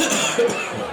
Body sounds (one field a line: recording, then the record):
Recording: coughing mixed with background sound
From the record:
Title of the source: Spring Cold Coughing.